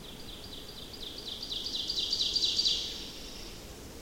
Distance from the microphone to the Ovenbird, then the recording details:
about 50 m. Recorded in boreal forest in Alberta, Canada, on 28 May 2016 at 07:15. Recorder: SongMeter 3, array SBT-3-49. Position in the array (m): 31 m, 185 m. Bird 15